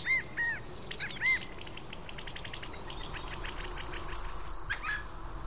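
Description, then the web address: Bird song of arched whistled notes near the start, then a fast run of thin repeated ticks and trilling, over a steady high insect-like hiss. In a forest. "blackruin Audio Forest Birds"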